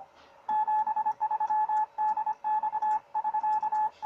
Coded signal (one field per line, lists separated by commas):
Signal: Morse code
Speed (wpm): 25 wpm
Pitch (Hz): 860 Hz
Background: none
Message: 73DX<SK>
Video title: py1ax QSO ea4boc CW on 15m